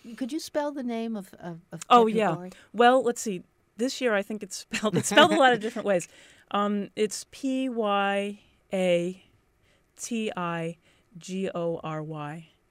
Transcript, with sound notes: Could you spell the name of — of Pyatigory?
Oh, yeah. Well, let's see. This year, I think it's spelled [chuckles] [laughs] It's spelled a lot of different ways. It's P-Y-A-T-I-G-O-R-Y.